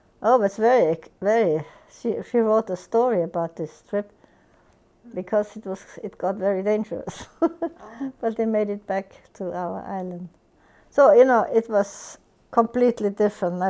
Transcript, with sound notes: Oh, it was very, very, she wrote a story about this trip, because it was, it got very dangerous. ( she laughs ) But they made it back to our island. So, you know, it was completely different.